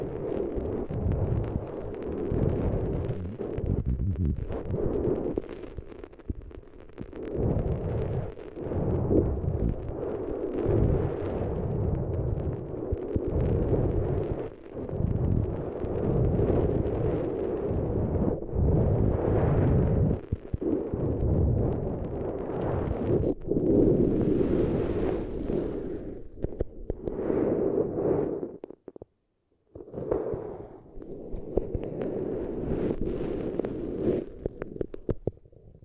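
Intense ASMR eardrum treatment: dense, muffled rubbing and pressing against the microphone, with heavy low rumbles that swell and fade every second or two. Brighter scratchy bursts rise around the middle, and a short silent gap falls near the thirty-second mark.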